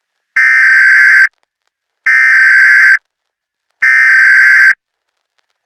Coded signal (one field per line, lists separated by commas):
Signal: Emergency Alert System (SAME) tones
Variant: header bursts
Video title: EAS Scenario - The Unknown